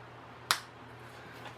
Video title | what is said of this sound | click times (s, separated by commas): Tricia's Christmas: Kids Crafts #2 Lighted Snowman Garland | it just clicks right in okay so that's what we want to do now | 0.5 s